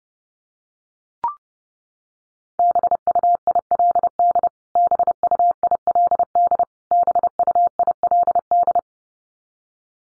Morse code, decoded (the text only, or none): BUILD BUILD BUILD